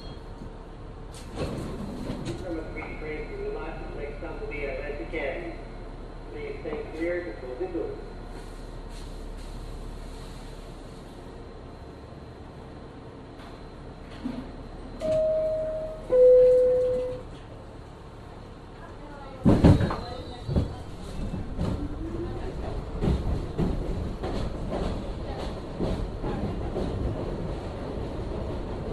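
Aboard a subway train in Brooklyn, a constant low rumble of the car runs throughout, with scattered clanks and rattles. Voices talk briefly early on, two short tones sound around fifteen seconds, and a loud jolt near twenty seconds brings heavier rattling.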